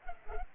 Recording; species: mosquito wingbeat signal from an infrared sensor; Culex pipiens